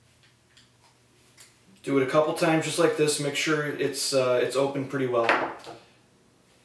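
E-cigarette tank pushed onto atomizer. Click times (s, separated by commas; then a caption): 0.6 s. A new blank Pufftron e-cigarette tank is pushed onto the atomizer so the atomizer pierces its seal, giving a faint click at 0.6 s as the tank seats. Someone then talks.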